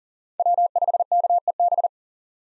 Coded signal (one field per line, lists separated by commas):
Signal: Morse code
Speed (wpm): 40 wpm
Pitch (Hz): 700 Hz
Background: none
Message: W5KEB